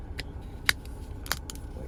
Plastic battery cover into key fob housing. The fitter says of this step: now we're going to put this right side in first and then we're going to snap this back down okay